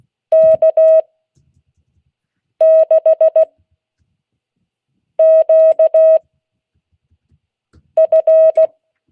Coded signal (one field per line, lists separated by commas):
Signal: Morse code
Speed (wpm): 16 wpm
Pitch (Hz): 640 Hz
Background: none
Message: K6QF